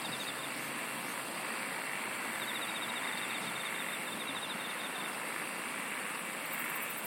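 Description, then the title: Steady insect chorus of hiss and buzz, with a pulsed trill early on and a very high trill near the end. "SINGING OF INSECTS"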